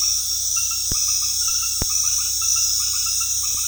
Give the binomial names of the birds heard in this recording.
none